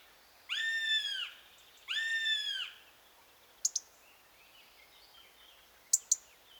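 Eurasian goshawk giving two drawn-out, harmonic-rich wailing calls, each arching up then down over under a second, followed by sharp clicks.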